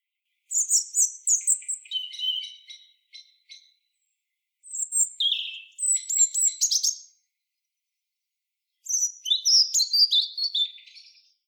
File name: Erithacus rubecula